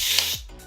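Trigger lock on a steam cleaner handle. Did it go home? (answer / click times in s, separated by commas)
released / 0.2 s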